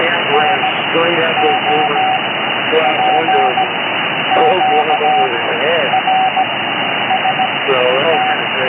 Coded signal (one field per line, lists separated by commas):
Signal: Morse code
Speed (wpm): 17 wpm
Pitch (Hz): 760 Hz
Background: speech, radio noise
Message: N O P Q R S T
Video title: what is this????? cb radio